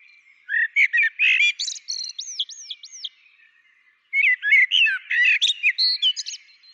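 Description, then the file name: Common blackbird song, two phrases of mellow warbling, the first ending in a row of four high looping squeaks, the second in busy twitter. "Turdus merula"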